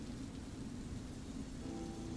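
Steady, dense rainfall hisses without a break, carried on a deep continuous rumble of thunder underneath. No voices, just the unbroken wash of the storm at an even level.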